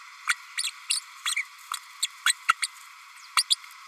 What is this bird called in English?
Green-rumped Parrotlet